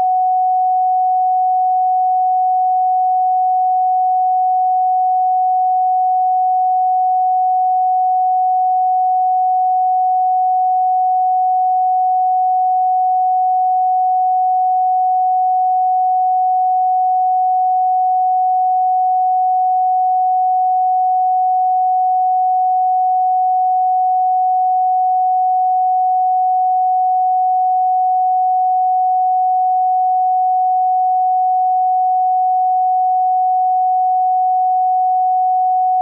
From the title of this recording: 741 HZ POWERFUL PURE TONE